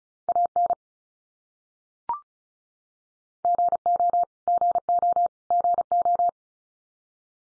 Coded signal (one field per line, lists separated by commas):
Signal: Morse code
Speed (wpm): 34 wpm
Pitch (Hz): 700 Hz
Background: none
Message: AN GO GO GO